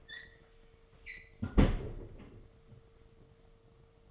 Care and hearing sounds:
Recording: daily activity, microphone in the room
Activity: close fridge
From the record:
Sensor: 4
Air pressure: 1015.9 hPa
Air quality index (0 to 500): 195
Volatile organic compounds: 10 ppm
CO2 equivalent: 2253 ppm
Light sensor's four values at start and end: 13/29/12/14 and 18/43/18/19

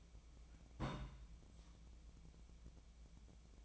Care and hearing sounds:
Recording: daily activity, microphone in the room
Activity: place on stove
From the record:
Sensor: 1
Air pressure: 1010.0 hPa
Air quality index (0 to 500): 185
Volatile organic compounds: 16 ppm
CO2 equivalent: 2548 ppm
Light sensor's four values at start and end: 38/96/40/49 and 37/95/40/49

